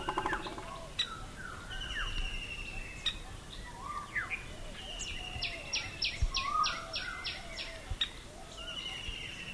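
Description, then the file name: Fulvous-breasted woodpecker calling a rapid run of seven or eight sharp, clipped notes, evenly spaced, over a dense background of other birds whistling and chirping. "Dendrocopos macei - Fulvous-breasted Woodpecker"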